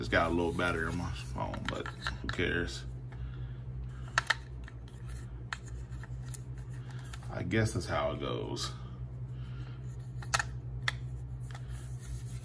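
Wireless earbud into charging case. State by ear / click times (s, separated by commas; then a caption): not seated / none. A Powerbeats Pro wireless earbud is handled near its plastic charging case, where a magnet will pull it down into place. Someone talks over a steady low hum, with sharp handling taps around 4.2, 5.5, 10.4 and 10.9 seconds. Nothing has seated or clicked into the case yet.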